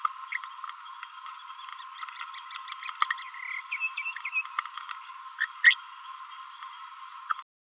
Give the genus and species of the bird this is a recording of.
Forpus passerinus